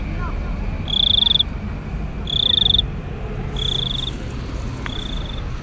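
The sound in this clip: Cricket giving three pulsed, high buzzy chirps roughly a second and a half apart, then a faint thin tone, with low background rumble throughout.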